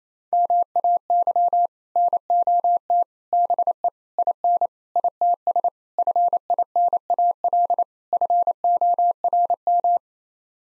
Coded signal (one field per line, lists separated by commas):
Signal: Morse code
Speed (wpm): 27 wpm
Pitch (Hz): 700 Hz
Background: none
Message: MAY NOT BE IN ITS FINAL FORM